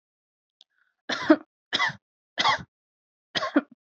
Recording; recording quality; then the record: shallow voluntary cough; excellent, no background noise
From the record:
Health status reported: healthy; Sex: female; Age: 23 years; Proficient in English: yes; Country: India